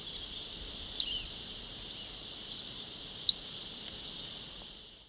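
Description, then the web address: Vermilion Flycatcher calling: a sharp chip followed by a quick series of high, thin repeated notes, given twice. Ecuador. "Birds of Ecuador 3-06 Vermillion Flycatcher"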